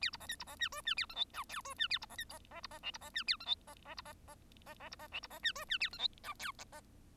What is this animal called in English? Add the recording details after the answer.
Bengalese Finch. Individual Bird1